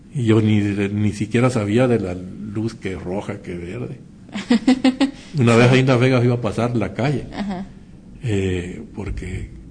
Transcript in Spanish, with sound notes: y yo ni siquiera sabía de la luz que roja, que verde. (risas) Una vez ahí en Las Vegas iba a pasar la calle porque,